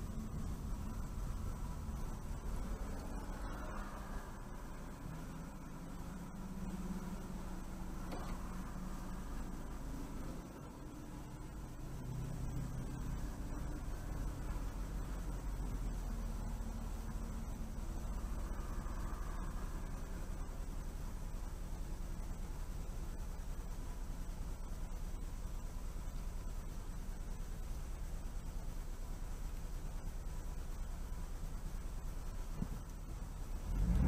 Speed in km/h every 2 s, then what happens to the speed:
13, 5, 0, 0, 0, 0, 0, 2, 0, 0, 0, 0, 0, 0, 0, 0, 2.
0-3 brakes to 0. 3-32 standing.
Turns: none.